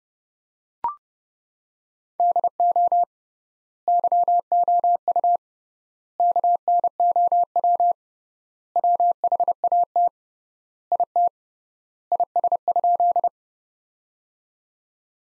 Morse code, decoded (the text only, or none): DO YOU KNOW WHAT IT IS?